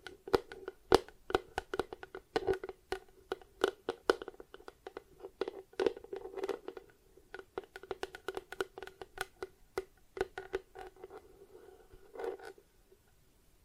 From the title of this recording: Plastic Objects Tapping and Scratching